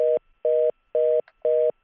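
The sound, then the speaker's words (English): Four evenly spaced telephone beeps as a number is dialed, each a steady mid-pitched buzz lasting about a quarter second, separated by short silences. Loud and regular, with no voices. “Go ahead, if you're going to dial.”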